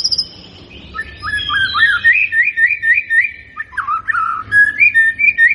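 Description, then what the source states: White-rumped shama song: a brief high whistle, then a chain of rising whistled notes in rapid rhythm, ending with lively slurred phrases. Lure recording meant to make the bird respond; bird described as gacor (singing energetically).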